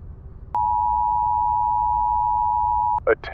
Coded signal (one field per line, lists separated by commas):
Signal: Emergency Alert System (SAME) tones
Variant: 853 and 960 Hz attention tone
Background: speech